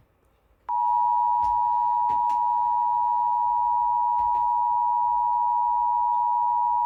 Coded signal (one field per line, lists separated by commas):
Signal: Emergency Alert System (SAME) tones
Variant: 853 and 960 Hz attention tone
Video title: Eas svr in Honolulu hawaii Eas#410